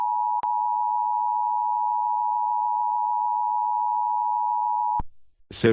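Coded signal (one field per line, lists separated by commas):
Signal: Emergency Alert System (SAME) tones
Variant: 853 and 960 Hz attention tone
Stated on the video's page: Mock scenario, not a real broadcast; the real curfew alerts came only as Wireless Emergency Alerts on a phone.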